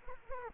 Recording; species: mosquito wingbeat signal from an infrared sensor; Culex quinquefasciatus